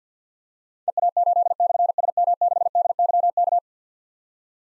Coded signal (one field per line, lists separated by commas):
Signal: Morse code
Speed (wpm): 51 wpm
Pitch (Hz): 700 Hz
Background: none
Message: EA8/SM6DYK